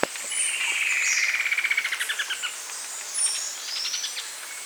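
Bird trill, a rapid series of many clipped notes that swells and fades, then a shorter trill later, with high whistles from other birds behind.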